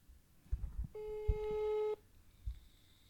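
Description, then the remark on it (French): A single steady, mid-pitched telephone ringback tone sounds for about a second during an outgoing call, surrounded by soft thumps and handling noises, with no talking. “Ça sonne.”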